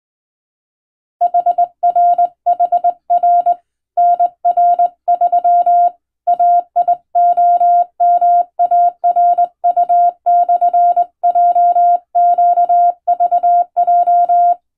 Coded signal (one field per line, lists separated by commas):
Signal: Morse code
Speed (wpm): 20 wpm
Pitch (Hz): 700 Hz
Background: none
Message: HRHR NR3 AIOMARU/JQVJ